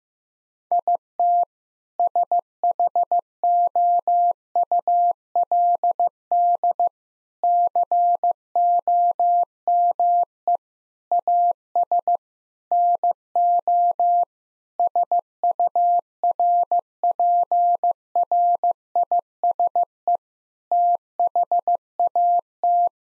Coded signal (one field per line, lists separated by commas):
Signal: Morse code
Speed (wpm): 15 wpm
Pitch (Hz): 700 Hz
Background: none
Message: IT SHOULD COME AS NO SURPRISE THAT